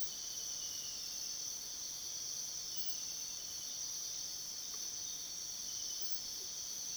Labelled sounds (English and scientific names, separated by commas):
none